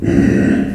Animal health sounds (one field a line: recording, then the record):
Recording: squeal of a Yucatan mini pig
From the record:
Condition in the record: after surgery on the right vocal fold (resection and tissue-engineered implant)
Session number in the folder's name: 1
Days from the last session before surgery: 13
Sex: female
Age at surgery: 19 weeks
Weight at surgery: 25 kg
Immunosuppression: prednisolone